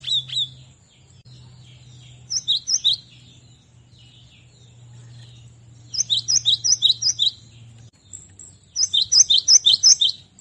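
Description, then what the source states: Cinereous tit song: several bursts of sharp, high, paired notes repeated rapidly, separated by pauses, over a steady low hum. Masteran tutor recording, made for training songbirds to learn this song.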